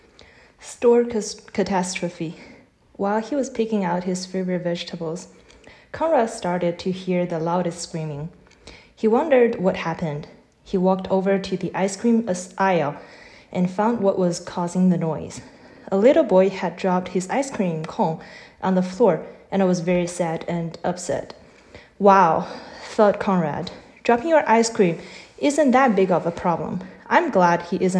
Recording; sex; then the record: reading aloud after running; female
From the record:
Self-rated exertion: vigorous exertion (4 of 6); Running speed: 8 miles an hour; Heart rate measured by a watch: 118 beats a minute at the start, 114 at the end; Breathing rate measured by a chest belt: 14 breaths a minute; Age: 26 years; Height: 172 cm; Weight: 60 kg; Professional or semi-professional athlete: no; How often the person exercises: over 5 times a week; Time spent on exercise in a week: over 5 hours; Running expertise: yes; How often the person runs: 3 to 5 times a week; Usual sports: running, interval training, yoga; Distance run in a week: 50 km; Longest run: 21 km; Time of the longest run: 122 minutes